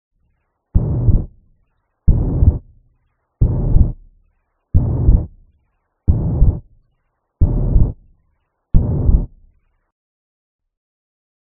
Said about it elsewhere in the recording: Murmur radiates to the left axilla, and you may hear a third heart sound. Mitral regurgitation murmur, and remember it's pansystolic, higher pitched, and you may hear a third heart sound.